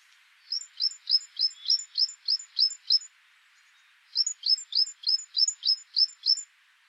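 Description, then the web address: Great tit uttering two bouts of high, repeated two-part notes, tick then falling sweep, about nine per bout with a brief silence between them. "SETE data Parus major"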